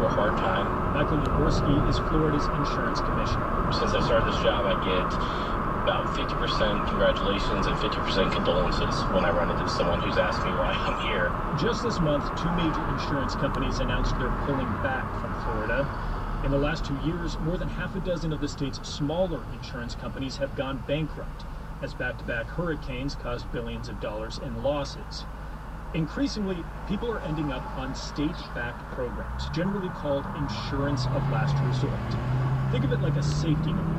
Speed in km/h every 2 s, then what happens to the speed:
55, 55, 55, 53, 53, 48, 44, 34, 24, 16, 10, 0, 0, 0, 0, 6, 16.
0-8 steady at about 55. 8-21 brakes to 0. 21-29 standing. 29-34 pulls away to 16.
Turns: none.